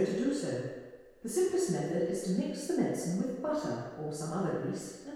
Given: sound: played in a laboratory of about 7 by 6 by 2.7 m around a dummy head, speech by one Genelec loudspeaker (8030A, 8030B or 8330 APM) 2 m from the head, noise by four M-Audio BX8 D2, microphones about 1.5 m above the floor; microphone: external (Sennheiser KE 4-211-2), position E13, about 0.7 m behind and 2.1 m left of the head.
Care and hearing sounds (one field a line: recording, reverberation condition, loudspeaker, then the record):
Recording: female speech in English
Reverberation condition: high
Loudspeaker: 150 degrees to the left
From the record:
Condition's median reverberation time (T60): about 1300 ms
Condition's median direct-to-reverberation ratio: about -4.0 dB